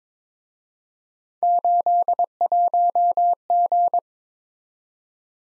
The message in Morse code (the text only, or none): 81G